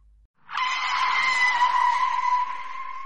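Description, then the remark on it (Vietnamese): A sharp tire screech bursts in after a brief silence and holds steady as a loud, high, sustained squeal for nearly three seconds as a driver slams the car brakes hard to avoid a person suddenly in the road. “Cậu bèn đạp mạnh phanh xe theo phản xạ.”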